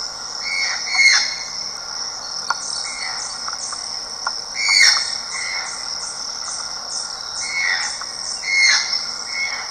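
Channel-billed Toucan giving croaky yelps at uneven intervals of a few seconds, with a constant shrill insect chorus behind.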